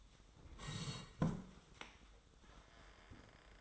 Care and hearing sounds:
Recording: daily activity, microphone in the room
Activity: sit down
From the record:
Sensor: 3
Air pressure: 1005.1 hPa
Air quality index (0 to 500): 93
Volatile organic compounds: 3 ppm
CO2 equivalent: 1445 ppm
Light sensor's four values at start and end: 9/22/9/9 and 10/22/9/9

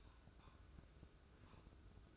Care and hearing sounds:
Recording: daily activity, microphone in the room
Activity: take from stove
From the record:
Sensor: 2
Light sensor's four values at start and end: 22/73/28/27 and 22/73/28/27

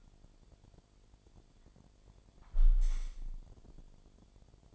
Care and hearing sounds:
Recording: daily activity, microphone in the room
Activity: close window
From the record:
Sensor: 5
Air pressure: 1006.5 hPa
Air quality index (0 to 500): 185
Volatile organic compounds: 5 ppm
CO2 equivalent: 1763 ppm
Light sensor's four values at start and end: 57/161/63/64 and 57/161/63/64

